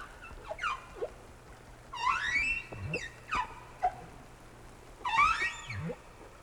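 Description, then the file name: Whale calls, scattered falling and rising squeals with two longer upswept cries, separated by quiet gaps. "tower whales"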